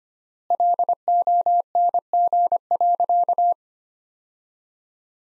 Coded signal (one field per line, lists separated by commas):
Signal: Morse code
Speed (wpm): 25 wpm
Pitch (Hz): 700 Hz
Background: none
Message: LONG.